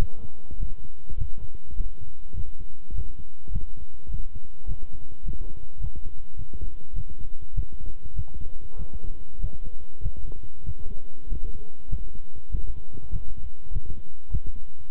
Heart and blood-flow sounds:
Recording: heart sounds by stethoscope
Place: between the tricuspid and mitral areas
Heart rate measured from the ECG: 101 bpm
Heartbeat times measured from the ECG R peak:
0.58 s: heartbeat
1.17 s: heartbeat
1.75 s: heartbeat
2.34 s: heartbeat
2.93 s: heartbeat
3.51 s: heartbeat
4.09 s: heartbeat
4.66 s: heartbeat
5.23 s: heartbeat
5.79 s: heartbeat
6.36 s: heartbeat
6.93 s: heartbeat
7.53 s: heartbeat
8.14 s: heartbeat
8.76 s: heartbeat
9.39 s: heartbeat
10.01 s: heartbeat
10.64 s: heartbeat
11.27 s: heartbeat
11.88 s: heartbeat
12.50 s: heartbeat
13.10 s: heartbeat
13.71 s: heartbeat
14.30 s: heartbeat
14.89 s: heartbeat
From the record:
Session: walking at 3.7 km/h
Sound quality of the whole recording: good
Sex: male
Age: 26 years

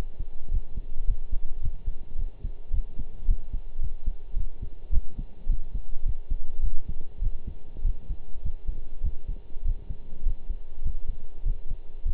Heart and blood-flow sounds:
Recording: heart sounds by stethoscope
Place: between the tricuspid and mitral areas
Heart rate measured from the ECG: 104 bpm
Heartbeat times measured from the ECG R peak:
0.51 s: heartbeat
1.08 s: heartbeat
1.63 s: heartbeat
2.18 s: heartbeat
2.73 s: heartbeat
3.28 s: heartbeat
3.82 s: heartbeat
4.36 s: heartbeat
4.92 s: heartbeat
5.49 s: heartbeat
6.05 s: heartbeat
6.63 s: heartbeat
7.21 s: heartbeat
7.84 s: heartbeat
8.43 s: heartbeat
9.03 s: heartbeat
9.64 s: heartbeat
10.25 s: heartbeat
10.84 s: heartbeat
11.45 s: heartbeat
12.05 s: heartbeat
From the record:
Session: pedaling a stationary bicycle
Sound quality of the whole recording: partially saturated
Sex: male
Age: 23 years

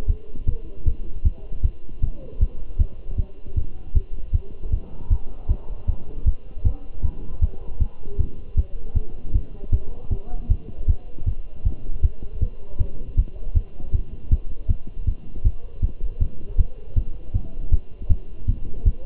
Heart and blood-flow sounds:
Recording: heart sounds by stethoscope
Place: between the tricuspid and mitral areas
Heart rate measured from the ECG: 157 bpm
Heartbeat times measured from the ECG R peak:
0.09 s: heartbeat
0.48 s: heartbeat
0.87 s: heartbeat
1.26 s: heartbeat
1.64 s: heartbeat
2.03 s: heartbeat
2.41 s: heartbeat
2.80 s: heartbeat
3.19 s: heartbeat
3.57 s: heartbeat
3.96 s: heartbeat
4.34 s: heartbeat
4.73 s: heartbeat
5.11 s: heartbeat
5.50 s: heartbeat
5.89 s: heartbeat
6.27 s: heartbeat
6.66 s: heartbeat
7.05 s: heartbeat
7.43 s: heartbeat
7.81 s: heartbeat
8.20 s: heartbeat
8.58 s: heartbeat
8.96 s: heartbeat
9.35 s: heartbeat
9.73 s: heartbeat
10.12 s: heartbeat
10.50 s: heartbeat
10.89 s: heartbeat
11.28 s: heartbeat
11.66 s: heartbeat
12.04 s: heartbeat
12.42 s: heartbeat
12.81 s: heartbeat
13.18 s: heartbeat
13.56 s: heartbeat
13.94 s: heartbeat
14.32 s: heartbeat
14.70 s: heartbeat
15.08 s: heartbeat
15.45 s: heartbeat
15.84 s: heartbeat
16.22 s: heartbeat
16.59 s: heartbeat
16.97 s: heartbeat
17.35 s: heartbeat
17.73 s: heartbeat
18.11 s: heartbeat
18.49 s: heartbeat
18.86 s: heartbeat
From the record:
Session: Bruce protocol treadmill stress test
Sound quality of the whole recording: good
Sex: male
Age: 27 years

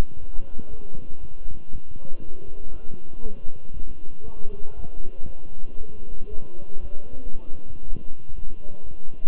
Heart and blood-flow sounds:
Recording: heart sounds by stethoscope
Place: between the tricuspid and mitral areas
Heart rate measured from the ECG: 118 bpm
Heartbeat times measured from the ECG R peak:
0.19 s: heartbeat
0.69 s: heartbeat
1.20 s: heartbeat
1.71 s: heartbeat
2.21 s: heartbeat
2.72 s: heartbeat
3.22 s: heartbeat
3.73 s: heartbeat
4.24 s: heartbeat
4.75 s: heartbeat
5.25 s: heartbeat
5.77 s: heartbeat
6.29 s: heartbeat
6.80 s: heartbeat
7.31 s: heartbeat
7.83 s: heartbeat
8.34 s: heartbeat
8.84 s: heartbeat
From the record:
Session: walking at 3.7 km/h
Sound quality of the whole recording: good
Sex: male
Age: 23 years

